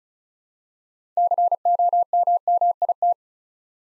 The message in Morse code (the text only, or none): COMMIT